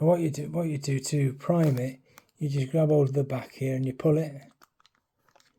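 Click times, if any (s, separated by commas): 4.8 s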